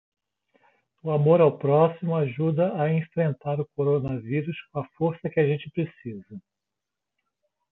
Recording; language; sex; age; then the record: spoken sentence; Brazilian Portuguese; male; 60 to 69 years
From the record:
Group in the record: control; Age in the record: 62 years